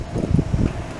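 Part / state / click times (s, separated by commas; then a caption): car door lock cylinder and latch, operated by key / not seated / none. A key is being worked in the passenger door lock cylinder and latch of a 1975 C3 Corvette, about to turn it to lock the door. Only low, muffled handling and rustling noise is heard, with no sharp transient. Nothing has clicked or seated yet.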